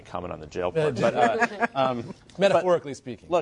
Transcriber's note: laughter